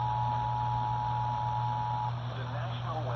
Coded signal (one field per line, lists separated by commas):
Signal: Emergency Alert System (SAME) tones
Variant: 853 and 960 Hz attention tone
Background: speech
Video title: Severe thunderstorm warning for Eastern Tucson Arizona #weather #Eas #Thunderstorm #monsoon2025